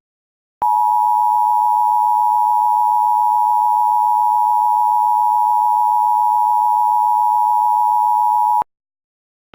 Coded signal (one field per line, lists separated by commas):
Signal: Emergency Alert System (SAME) tones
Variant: 853 and 960 Hz attention tone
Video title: EAS - Mile High Tornado